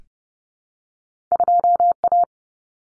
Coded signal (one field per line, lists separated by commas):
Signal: Morse code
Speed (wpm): 30 wpm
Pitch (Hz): 700 Hz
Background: none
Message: 2A